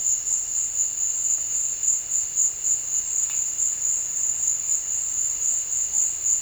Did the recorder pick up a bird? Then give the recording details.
no. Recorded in dense forest near Puerto Asís, Putumayo, Colombia, on 21 December 2024 at 14:30. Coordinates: 0.484, -76.325. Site G056